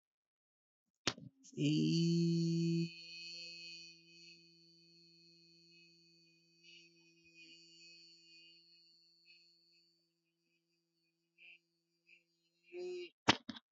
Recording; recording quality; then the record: sustained vowel as in beet; moderate, slight background noise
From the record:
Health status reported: healthy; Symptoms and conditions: none ticked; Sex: male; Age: 32 years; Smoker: not ticked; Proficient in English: yes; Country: India